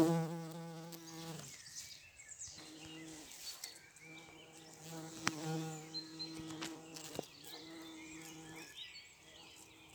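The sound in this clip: Bumblebee buzzing in flight, a low droning hum with rich harmonics that comes and goes in several bursts.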